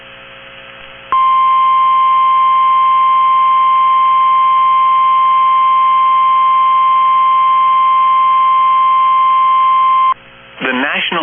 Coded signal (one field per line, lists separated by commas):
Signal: Emergency Alert System (SAME) tones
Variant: 1050 Hz attention tone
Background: speech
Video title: EAS #1,974 Online NOAA Weather Radio Severe T’storm Warning #12 5/20/25